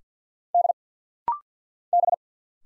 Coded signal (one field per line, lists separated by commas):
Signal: Morse code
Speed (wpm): 46 wpm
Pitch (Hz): 700 Hz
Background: none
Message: D B